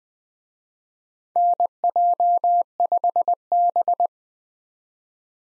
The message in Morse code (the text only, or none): NJ5B